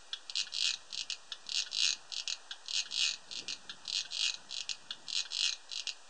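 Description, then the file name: Cricket call of rapid high-pitched pulse trains, grouped into short chirps that follow one another. 31 August 2007; filtered. "Gropper Cricket"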